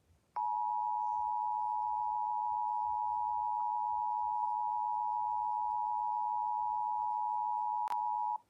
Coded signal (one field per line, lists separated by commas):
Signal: Emergency Alert System (SAME) tones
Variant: 853 and 960 Hz attention tone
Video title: EAS Severe T’storm Warning #13 3/14/25 (Credit Goes To @SouthernPennsylvaniaWX & @KanawhaCountyWX)